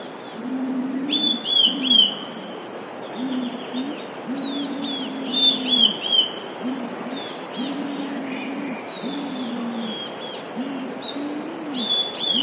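Eurasian blue tit song, phrases of three high, thin, slightly falling whistled notes repeated every few seconds, over low, steady cooing from another bird.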